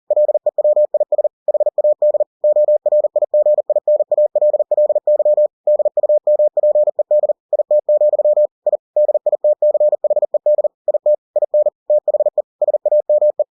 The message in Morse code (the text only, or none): LEWIS HAD ORIGINALLY DUMPED IT, I DITCHED IT IN THE SAME